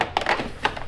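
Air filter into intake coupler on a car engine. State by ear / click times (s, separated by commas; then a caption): not seated / none. A performance air filter is pushed into a tight-fitting intake housing or coupler on a BMW M5 engine, with short tapping and knocking sounds at 0.2 s and 0.3 s and another around 0.7 s. Nothing has seated or clicked yet.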